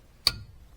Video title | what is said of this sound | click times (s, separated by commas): Finishing up a few small things on Lorreene. (2005 Ford F150) | So this should just go ahead and snap right in. | 0.3 s